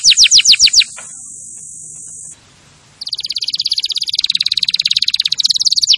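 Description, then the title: Canary song: a few sharp downslurred notes, a long steady high whistle, a short pause, then a fast, even, rattling trill building for three seconds. Canary singing vigorously (gacor). "Kenari Gacor"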